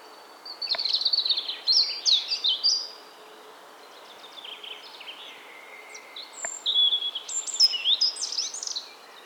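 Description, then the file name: European robin giving two separate phrases of high, liquid warbling and trills with a short quiet gap between them. "Erithacus rubecula"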